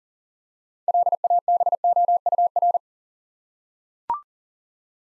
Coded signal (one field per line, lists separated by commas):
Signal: Morse code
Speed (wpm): 40 wpm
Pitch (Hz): 700 Hz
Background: none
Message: LABOUR